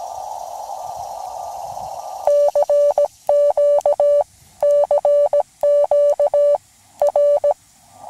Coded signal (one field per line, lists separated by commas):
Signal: Morse code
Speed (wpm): 17 wpm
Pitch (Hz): 580 Hz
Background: none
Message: CQ CQ R